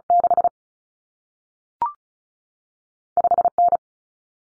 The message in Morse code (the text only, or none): 6 5N